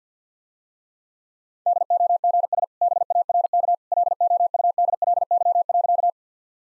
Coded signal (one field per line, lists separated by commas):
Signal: Morse code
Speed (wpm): 50 wpm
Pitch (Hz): 700 Hz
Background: none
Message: DOGS BARK LOUDLY.